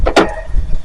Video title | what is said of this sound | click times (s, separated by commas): 2012 Ram 2500 headlight bulb replacement | do that it'll pop into place with just some firm pressure | 0.1 s, 0.2 s